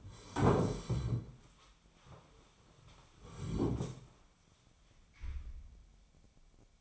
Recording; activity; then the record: daily activity, microphone in the room; sit down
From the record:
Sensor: 1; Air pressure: 1015.2 hPa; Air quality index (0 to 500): 168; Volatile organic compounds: 12 ppm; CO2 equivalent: 2338 ppm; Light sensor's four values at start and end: 10/24/10/11 and 12/29/12/13